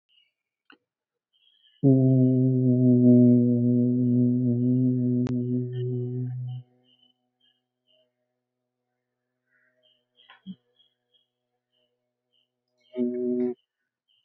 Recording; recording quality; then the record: sustained vowel as in boot; moderate, slight background noise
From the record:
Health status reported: healthy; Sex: male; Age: 31 years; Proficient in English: yes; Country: India